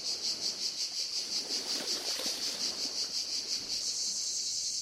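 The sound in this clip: Cicada stridulation as a loud high-pitched buzz pulsing in regular beats, nearly three per second, over a soft low background hiss.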